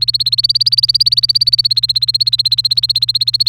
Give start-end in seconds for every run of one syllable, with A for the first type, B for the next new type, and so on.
0.00-3.48 A